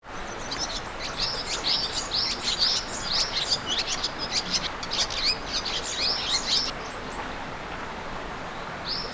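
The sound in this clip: Bird calling, a dense run of high, sharp chirps repeated rapidly for several seconds, then a lone chirp near the end, against faint outdoor hiss.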